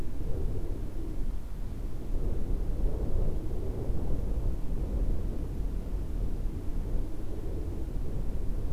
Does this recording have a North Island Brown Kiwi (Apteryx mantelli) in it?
no